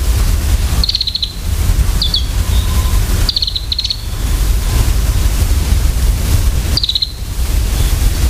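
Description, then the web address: Varied tit calls: several short high dry trills given in small bursts, separated by pauses, against loud low-pitched background noise. "sikioto. yamagarazinaki"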